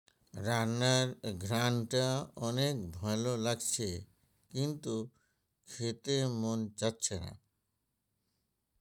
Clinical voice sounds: elicited speech; Bengali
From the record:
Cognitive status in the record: dementia

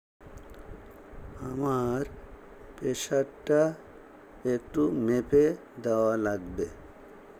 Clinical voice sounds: elicited speech; Bengali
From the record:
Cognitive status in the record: dementia

